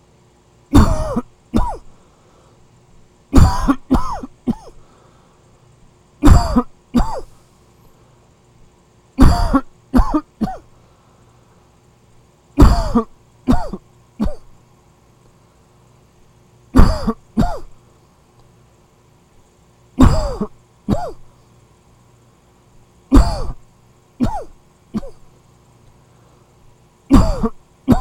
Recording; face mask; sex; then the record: voluntary coughing; none; male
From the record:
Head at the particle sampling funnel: facing it